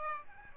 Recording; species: mosquito wingbeat signal from an infrared sensor; Aedes aegypti